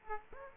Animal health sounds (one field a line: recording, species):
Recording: mosquito wingbeat signal from an infrared sensor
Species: Aedes aegypti